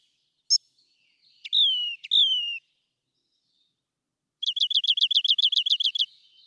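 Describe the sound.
Rock wren singing: a sharp high note, two clear down-slurred whistles, then a quick run of evenly spaced trilled notes.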